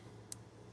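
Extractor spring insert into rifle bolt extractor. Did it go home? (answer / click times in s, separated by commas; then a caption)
yes / 0.3 s. After a replacement spring and its insert are fitted, the extractor spring and insert are pressed into the extractor of a Young Manufacturing rifle bolt carrier group. A single sharp, bright click sounds at 0.3 s over a low, steady hum, and the extractor spring insert seats in place.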